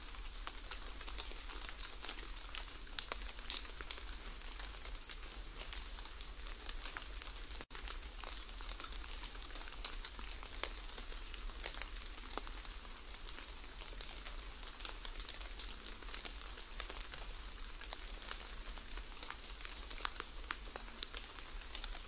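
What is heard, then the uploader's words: Light raindrops tick steadily on a surface, a dense, even patter of small bright taps with occasional sharper drops standing out. The sound stays constant throughout, with a faint low rumble underneath and a brief gap just before the eight-second mark. The light ticking raindrops wash away fatigue and anxiety.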